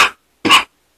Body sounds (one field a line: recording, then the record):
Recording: coughing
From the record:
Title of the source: 64 coughing, allergies, singing lungs